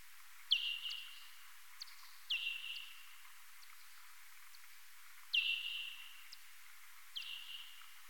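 Parti-coloured bat calls: four quieter downward sweeps, each with a trailing steady tone, over a soft hiss.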